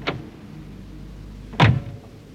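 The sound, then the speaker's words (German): A car arrives and idles with a low, steady rumble; a short click sounds at the start, then a car door shuts with a single heavy, solid thud. “Da ist der Wagen, der die Frau Leclerc bringt.”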